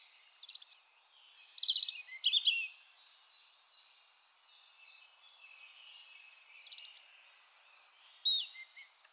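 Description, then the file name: European robin song: sparkling high warbled phrases at the start and end, with a run of soft, regularly repeated ticks between them. "Erithacus rubecula"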